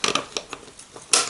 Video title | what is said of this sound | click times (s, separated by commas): Mamiya RB67 shooting panorama on 35mm film - an XPan alternative? | like this clicks into place | 1.1 s